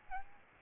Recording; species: mosquito wingbeat signal from an infrared sensor; Aedes albopictus